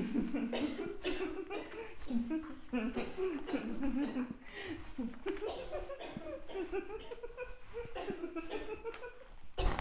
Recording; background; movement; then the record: laughter; a bystander coughing; walking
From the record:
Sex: female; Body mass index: 36.4 kg/m2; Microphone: on the chest, facing outward